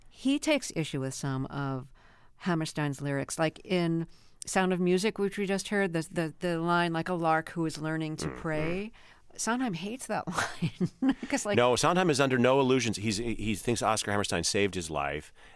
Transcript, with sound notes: he takes issue with some of Hammerstein's lyrics. Like, in "Sound Of Music," which we just heard, the line, like a lark who is learning to prey. Sondheim hates that line (laughter).
No, Sondheim is under no illusions. He's thinks Oscar Hammerstein saved his life.